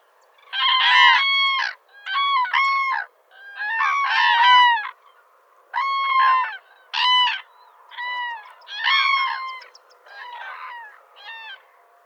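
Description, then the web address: Common Crane calling in loud, trumpeting, rolling bugles, about nine harsh notes spaced roughly a second or two apart, rich in overtones. "grus grus call"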